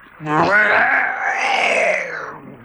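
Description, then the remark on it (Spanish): A man lets out a long, rough growl in imitation of a wolf, a sustained throaty snarl that rises and holds for about two seconds before trailing off. “Gruñó, diría, como lo hacen los lobos.”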